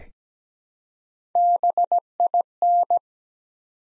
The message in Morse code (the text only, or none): BIN